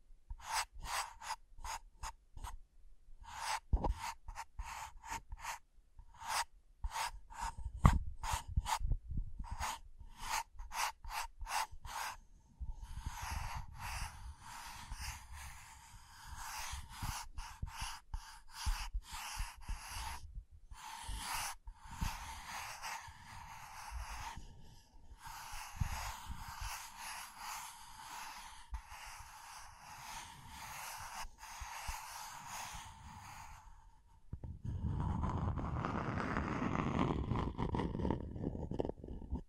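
Scratching and tracing sounds, starting as separate sharp strokes roughly once or twice a second for the first twelve seconds. Then the strokes blur into a dense, hissy, continuous scraping with brief gaps. Near the end, a lower, rougher rubbing takes over.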